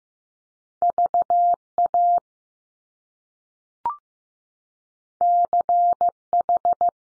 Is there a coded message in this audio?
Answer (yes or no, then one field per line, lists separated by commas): yes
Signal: Morse code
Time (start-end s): 0.8-6.9 s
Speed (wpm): 15 wpm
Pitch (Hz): 700 Hz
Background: none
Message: V A C H